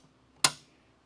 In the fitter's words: Just the latch hitting the striker. That's exactly aligned. It's perfect.